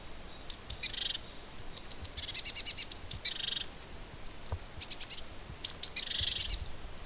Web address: hecke vogel februar vogel f 1 6 heimisch